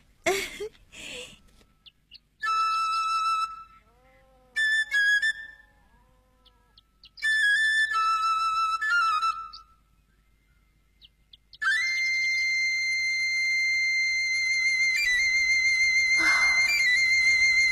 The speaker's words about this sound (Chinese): 不，孩子们，我只要还能喘气就能吹鹰笛啊。我吹给你们听听。